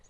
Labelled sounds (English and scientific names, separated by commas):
Lucy's Warbler (Leiothlypis luciae) flight call